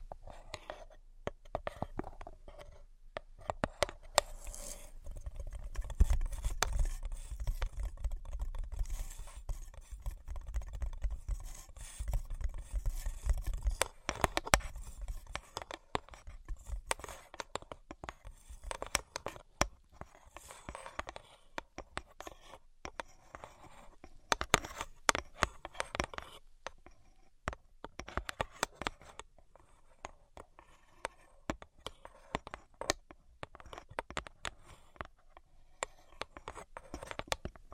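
Brain-penetrating 3D tapping: quick, dense clusters of sharp clicks and taps, irregular and fast, like fingernails on a hard surface. A low rumbling thud swells between about 5 and 14 seconds, then the tapping continues lighter with louder bursts near 25 seconds.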